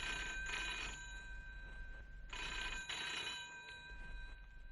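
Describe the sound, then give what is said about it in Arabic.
An old-style telephone bell in a button factory rings twice, each rattling, metallic burst lasting about a second with a short pause between, over a low steady background hum and no voices. “اوه تعال انت رد على التليفون، اذا حد سال عليا قول له انا مش هنا.”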